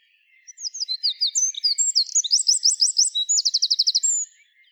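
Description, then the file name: Eurasian wren pouring out a single high, fast song of sharp chips and a rattling trill over roughly four seconds, with silence around it. "Troglodytes troglodytes"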